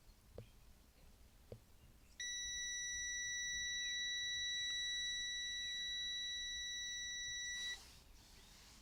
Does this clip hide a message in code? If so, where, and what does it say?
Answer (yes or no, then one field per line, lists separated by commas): no